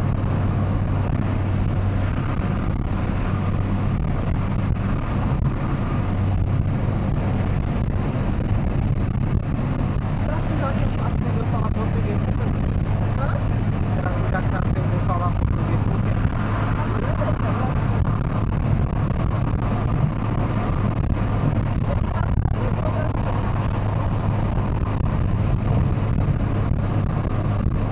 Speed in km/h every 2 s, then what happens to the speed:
111, 110, 112, 111, 113, 115, 117, 122, 122, 122, 120, 119, 117, 117.
0-15 speeds up to 122. 15-28 steady at about 119.